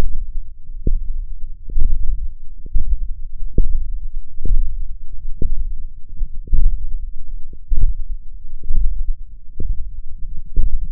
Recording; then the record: forearm muscle sounds (acoustic myography)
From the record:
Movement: ulnar deviation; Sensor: system 1, eight BSWA MPA416 microphones around the upper forearm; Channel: 8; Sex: male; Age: 21 years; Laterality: right